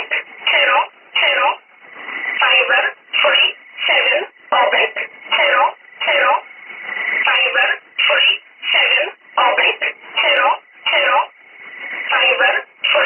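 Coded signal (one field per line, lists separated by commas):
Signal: numbers station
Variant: E11 Oblique, English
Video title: 08 11 2017 Numbers station E11 Oblique in English to Eu 0900 on 9446 unknown tx site in USB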